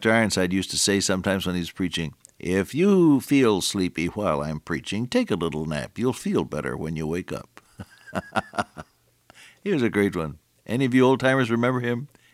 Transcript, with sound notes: Ironside used to say sometimes when he’s preaching, “If you feel sleepy while I’m preaching, take a little nap. You’ll feel better when you wake up.” [chuckle] He was a great one. Any of you old timers remember him?